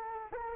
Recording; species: mosquito wingbeat signal from an infrared sensor; Anopheles arabiensis